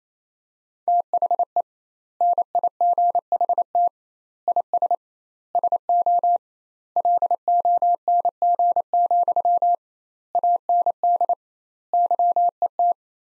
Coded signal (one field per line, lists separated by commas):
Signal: Morse code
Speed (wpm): 28 wpm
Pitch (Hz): 700 Hz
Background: none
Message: THE NIGHT IS SO LONG, AND YET